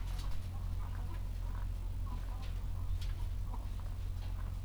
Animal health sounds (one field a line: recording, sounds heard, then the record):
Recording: poultry house recording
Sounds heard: sick chickens (respiratory disease)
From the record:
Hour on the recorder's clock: 13